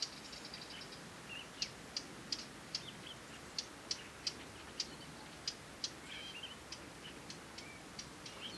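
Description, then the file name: Eurasian Blackcap calling a series of hard ticks over a quiet background with faint chirps. "Sylvia atricapilla"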